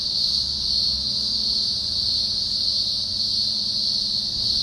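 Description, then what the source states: Cicada song, a continuous shrill hum at an even level, with low background rumble below it. Cicada season.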